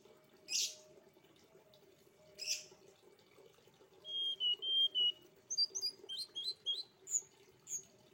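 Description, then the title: Streaked spiderhunter song: two harsh bursts, then a clear level whistle and a run of quick high chirps; low hum in the background. Training recording for cage birds; actively singing, clear, long song. "Pijantung Gunung Gacor Jernih Panjang"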